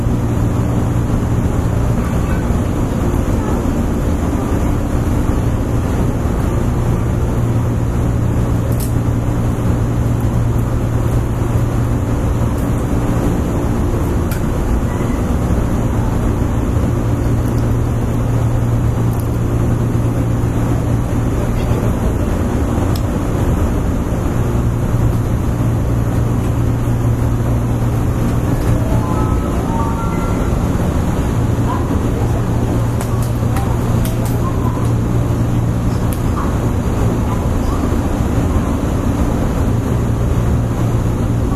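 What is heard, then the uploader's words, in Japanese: A ride aboard a Hanwa Line 103 series local train: a loud, steady low rumble and drone fill the whole clip at an even level. Sharp short clicks or squeaks cut through now and then, and a few brief whining tones rise around the 30–35 second mark. 阪和線103系電車 鳳から天王寺まで。JR103系電車の走行音です。阪和線の普通列車にて収録しました。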